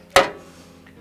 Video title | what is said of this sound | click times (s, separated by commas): How to properly lift and install tines into a Groundsman Turf Aerator | here the click and lower it now all the weight | 0.2 s